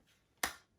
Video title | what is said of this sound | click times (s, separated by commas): Unboxing the Pakt 5L Sling Bag | Here, a little click. | 0.4 s